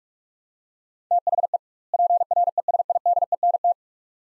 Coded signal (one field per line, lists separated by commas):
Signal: Morse code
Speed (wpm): 47 wpm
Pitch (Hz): 700 Hz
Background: none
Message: THE PRESIDENT